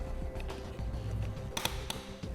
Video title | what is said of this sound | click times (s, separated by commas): etrailer - How to Install: Yakima RidgeLine Roof Rack for Flush Rails on your 2016 Kia Sorento | Again, you'll hear those clicks. | 1.6 s, 1.9 s